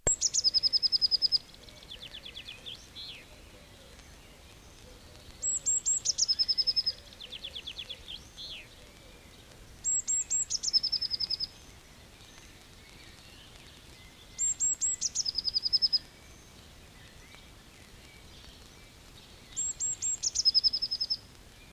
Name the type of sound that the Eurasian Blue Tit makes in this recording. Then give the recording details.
song. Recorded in the wild. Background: Streptopelia decaocto, Fringilla coelebs. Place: Bielefeld-Mitte, Nordrhein-Westfalen, DE. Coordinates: 52.0078, 8.54583. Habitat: residential district. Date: 1968-04-27. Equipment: Uher 4000 Report-S, Bändchenmikro Beyer M 260, Parabolspiegel Polyester (470 mm). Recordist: Conrads, Klaus. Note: Trillernd. Technische Störung (Knistern)